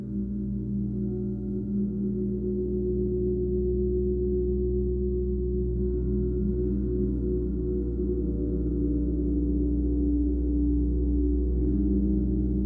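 A water gong rings in a low, continuous hum, its deep tones layered and sustained for the whole stretch with no fresh strikes. The sound wavers and beats slowly, its pitch seeming to bend slightly, while the loudness stays steady and nothing bright rises above the drone.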